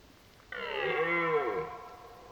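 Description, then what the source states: Red deer, one single roar lasting about a second, starting abruptly and sagging slightly in pitch before fading. During the rut, while driving the herd.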